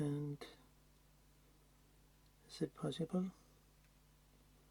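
An internal part is pressed into the zoom lens barrel of an AF-S Nikkor 55-300mm 1:4.5-5.6 G ED VR DX during reassembly after fungus cleaning. Someone talks briefly at the start and again from about 2.6 to 3.3 seconds, with a quiet stretch of faint handling in between. Nothing has seated or clicked yet.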